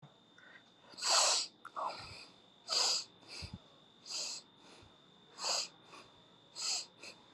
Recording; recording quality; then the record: shallow breathing; excellent, no background noise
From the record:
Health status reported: healthy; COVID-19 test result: not tested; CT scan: not taken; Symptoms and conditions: none ticked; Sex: female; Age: 51 years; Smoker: no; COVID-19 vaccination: both doses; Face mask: not worn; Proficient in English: yes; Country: India